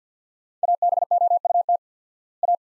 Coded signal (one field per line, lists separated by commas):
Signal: Morse code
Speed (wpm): 50 wpm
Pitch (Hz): 700 Hz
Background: none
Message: ABOUT A